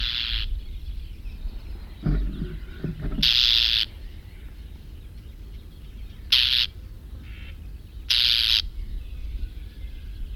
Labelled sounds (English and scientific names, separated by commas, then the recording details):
Common Whitethroat (Sylvia communis) call
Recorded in the wild
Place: Venz, Insel Rügen, Mecklenburg-Vorpommern, DE
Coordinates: 54.497, 13.302
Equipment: Nagra III BH, Sennheiser MD 21, parabola
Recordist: Schubert, Michael